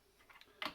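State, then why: Seated. A BLK360 3D laser scanner is placed onto a tripod stand's quick-release mount while the release button on top is pressed. A faint tick comes at 0.4 s, then a louder, brighter click at 0.7 s. The scanner seats onto the mount and sits reasonably firm.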